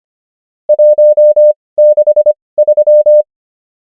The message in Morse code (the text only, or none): 163